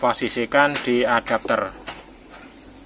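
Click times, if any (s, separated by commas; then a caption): none. An 8-pin firmware IC for a JEC GD-6981 head unit (board SK-848-MAIN-V7.31 20191219) is being handled with tweezers toward a plastic spring-clamp programmer socket adapter, whose left and right sides are pressed to open it. Someone talks for about the first two seconds, then only faint low background remains. Nothing has seated or clicked yet.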